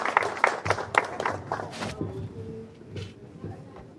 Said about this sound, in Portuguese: Vamos receber ela com salva de palmas, gente, ela é nossa convidada.